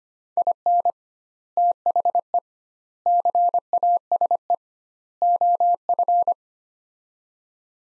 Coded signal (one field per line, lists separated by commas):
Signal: Morse code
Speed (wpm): 25 wpm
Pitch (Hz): 700 Hz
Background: none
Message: IN THE CASE OF